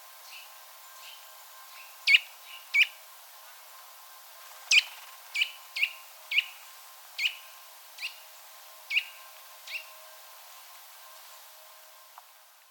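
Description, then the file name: Eurasian nuthatch giving clear high chipping notes, irregularly spaced, several over the span. "Sitta europaea"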